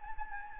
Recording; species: mosquito wingbeat signal from an infrared sensor; Anopheles gambiae